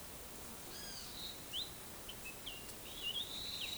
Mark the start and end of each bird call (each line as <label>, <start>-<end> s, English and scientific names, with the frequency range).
Blue-gray Tanager (Thraupis episcopus) (2.1-4.2 kHz), 1.50-3.75 s